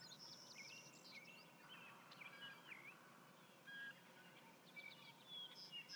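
Savannah sparrow song, faint: thin high notes early on, then scattered faint chips and whistled notes amid constant hiss.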